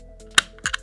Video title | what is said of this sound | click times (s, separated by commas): How to clean a Mossberg 590 12G ShotGun | Yeah, technically it will lock into place just like that. | 0.4 s